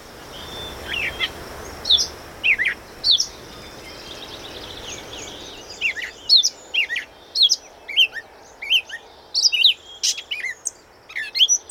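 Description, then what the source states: Gray Catbird singing a jumble of short squeaky, scratchy notes; sparse phrases at first, then a rapid varied run of chips and slurs in the second half. Recorded at Carden Alvar, Ontario, in August 2026.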